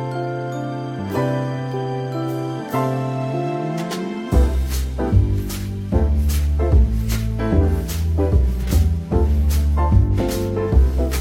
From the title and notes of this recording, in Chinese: 在西西弗咖啡厅听着优雅的爵士乐看会书。